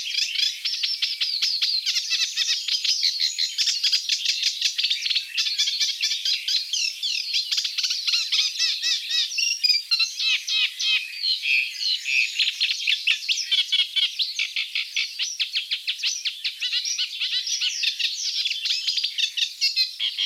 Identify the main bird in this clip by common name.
Eurasian Reed Warbler